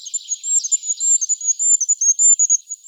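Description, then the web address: Goldcrest: a rapid series of very high, thin, sibilant notes running throughout. Recorded in Slovenia. "Regulus regulus"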